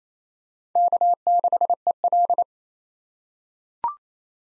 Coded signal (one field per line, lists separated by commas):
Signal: Morse code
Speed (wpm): 28 wpm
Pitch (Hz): 700 Hz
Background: none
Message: K6EL